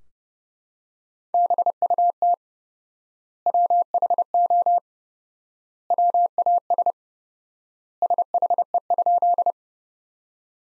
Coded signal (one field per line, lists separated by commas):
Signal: Morse code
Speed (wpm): 32 wpm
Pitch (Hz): 700 Hz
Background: none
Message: BUT WHO WAS SHE?